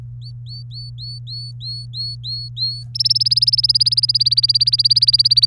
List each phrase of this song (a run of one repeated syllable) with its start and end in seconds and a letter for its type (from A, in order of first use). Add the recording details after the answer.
0.21-2.83 A, 2.95-5.46 B. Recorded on 24 April 2018 at 17:06. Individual llb3